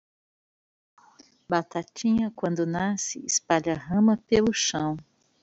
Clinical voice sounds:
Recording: short text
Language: Brazilian Portuguese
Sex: female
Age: 40 to 49 years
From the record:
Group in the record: control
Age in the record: 48 years

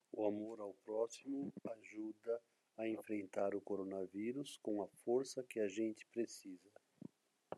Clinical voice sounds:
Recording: spoken sentence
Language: Brazilian Portuguese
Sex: male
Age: 50 to 59 years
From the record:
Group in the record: control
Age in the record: 56 years

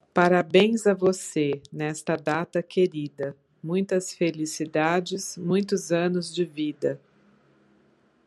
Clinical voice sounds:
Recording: short text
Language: Brazilian Portuguese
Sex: female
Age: 60 to 69 years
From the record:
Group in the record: control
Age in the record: 60 years

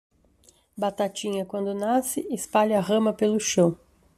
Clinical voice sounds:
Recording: short text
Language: Brazilian Portuguese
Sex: female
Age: 40 to 49 years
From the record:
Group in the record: control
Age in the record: 45 years

